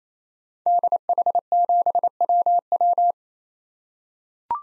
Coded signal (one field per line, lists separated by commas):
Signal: Morse code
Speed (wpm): 27 wpm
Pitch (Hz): 700 Hz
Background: none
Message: DH7WW